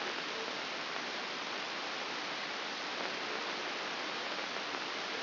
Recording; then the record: brain microelectrode recording played as sound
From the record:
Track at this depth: outside the subthalamic nucleus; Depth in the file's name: 6.661 mm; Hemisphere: left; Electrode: 2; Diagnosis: Parkinson's disease